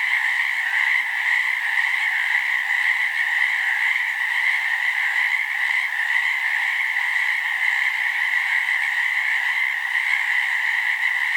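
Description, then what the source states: Many frogs call together in a constant, even trill that hums without break, slightly wavering in intensity throughout. Frogs recorded in BC.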